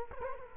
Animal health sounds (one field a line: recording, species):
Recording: mosquito wingbeat signal from an infrared sensor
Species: Culex quinquefasciatus